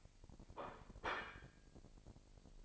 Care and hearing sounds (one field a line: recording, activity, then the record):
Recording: daily activity, microphone in the room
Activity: place plate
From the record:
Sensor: 5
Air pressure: 1007.5 hPa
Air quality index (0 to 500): 93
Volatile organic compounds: 1 ppm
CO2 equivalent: 732 ppm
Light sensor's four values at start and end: 30/71/28/29 and 30/71/28/29